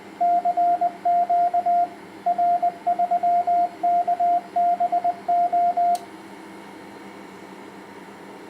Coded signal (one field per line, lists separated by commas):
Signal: Morse code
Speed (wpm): 20 wpm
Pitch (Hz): 700 Hz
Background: radio noise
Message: CQ R3KBO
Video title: Test HF/6 m power amplifier BLF188XR heat pipes 1200W 1.8-54 MHz